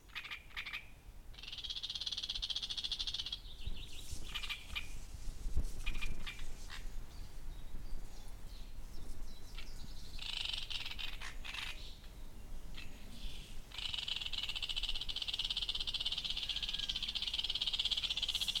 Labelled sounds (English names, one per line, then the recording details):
Great Reed Warbler
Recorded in the wild
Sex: male
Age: adult
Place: Zeuthener See, Berlin, DE
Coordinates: 52.35, 13.64
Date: 1993-05-23
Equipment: Uher 4400 Report Monitor, Sennheiser ME 80, K 30 AV
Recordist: Fischer, Stefan
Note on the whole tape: Gesang und Warnrufe